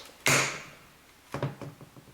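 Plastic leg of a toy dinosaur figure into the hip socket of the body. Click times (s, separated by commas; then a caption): 0.3 s. The plastic leg of a 2022 Mattel Jurassic World Dominion Super Colossal Giganotosaurus toy figure is pressed with a lot of force into the hip socket of the body. It gives a sharp, loud click at 0.3 s, followed by a few softer knocks around 1.3 to 1.6 s. The leg is seated and now stays in place and cannot be removed.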